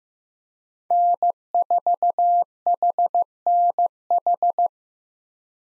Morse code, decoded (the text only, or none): N4HNH